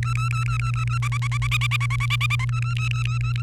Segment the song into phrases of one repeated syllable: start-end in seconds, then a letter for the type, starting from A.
0.03-0.98 A, 1.02-2.45 B, 2.49-3.42 A